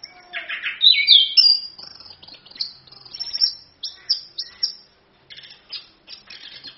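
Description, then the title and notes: Orange-headed thrush song: a loud burst of warbled notes, then quieter, spaced clusters of sharp high chirps and brief trills. Full continuous song (gacor, ngerol); a masteran tutor song used as a pancingan lure to prompt other birds to sing. "ANIS KEMBANG GACOR, ANIS KEMBANG NGEROL, PANCINGAN ANIS KEMBANG BIAR BUNYI. Masteran Anis Kembang"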